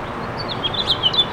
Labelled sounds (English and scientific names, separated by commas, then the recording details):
House Finch (Haemorhous mexicanus) song
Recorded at East Hills on Long Island, New York, on 16 June 2013
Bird A